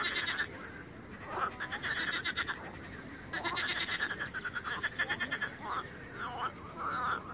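Frogs calling in a chorus, overlapping pulsed, rattling bursts of notes.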